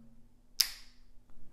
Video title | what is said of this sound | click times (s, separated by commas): HotSwop Pro vs HotSwop Enduro Kit - Braap Nation | das System jetzt reinschiebt, bis es Klick macht, habt ihr jetzt ja eh gehört, dann ist es fixiert | 0.6 s